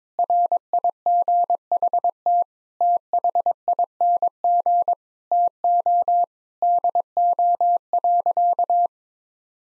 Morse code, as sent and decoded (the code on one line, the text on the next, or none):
.-. .. --. .... - / - .... .. -. --. / - --- / -.. --- .-.-.-
RIGHT THING TO DO.